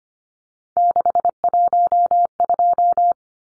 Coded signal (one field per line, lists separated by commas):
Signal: Morse code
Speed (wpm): 25 wpm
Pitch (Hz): 700 Hz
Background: none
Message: 612